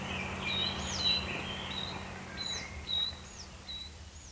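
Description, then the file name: Coal tit singing thin, high, see-sawing double notes, each phrase a quick downward slur and a level whistle, repeated several times above low background hum. "moskovka"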